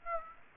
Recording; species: mosquito wingbeat signal from an infrared sensor; Aedes aegypti